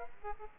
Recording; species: mosquito wingbeat signal from an infrared sensor; Aedes aegypti